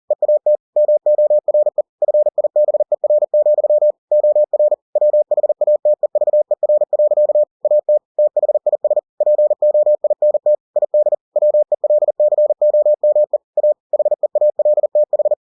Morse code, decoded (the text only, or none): EAT MORE FIBER, OR WHATEVER. AT THIS POINT ID WELCOME A HEALTH